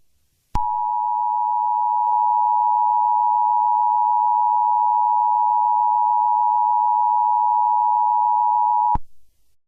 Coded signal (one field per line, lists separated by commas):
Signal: Emergency Alert System (SAME) tones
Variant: 853 and 960 Hz attention tone